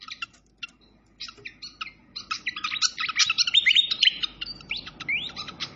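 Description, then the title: Malaysian pied fantail song, sparse clicks opening into a tumbling burst of squeaks and rising whistles, with faint background noise. Masteran training recording of clear-voiced song combined with the sound of gurgling flowing water. "Masteran Sikatan Kipas Suara Jernih Dan Suara Gemericik Air"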